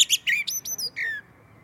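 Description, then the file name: Common blackbird: the tail end of a song phrase, with high scratchy twitters and a falling whistled note, then quiet. "Turdus merula"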